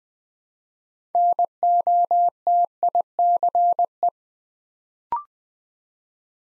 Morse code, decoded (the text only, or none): NOTICE